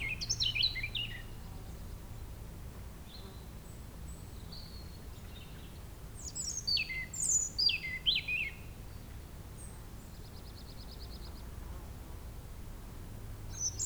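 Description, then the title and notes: European robin singing high, liquid, warbling phrases that rise and fall, a brief quieter buzzy trill later, with a soft low rumble beneath. Sung at sunset on the shore of Lac du Bourget near Brison-Saint-Innocent, France, with calm restored because the nearby road was closed to traffic. "Près de la Chapelle de Brison-Saint-Innocent la RD 991 étant coupée à la circulation le calme est revenu sur les bords du lac du Bourget. Chant de rouge-gorge au soleil couchant."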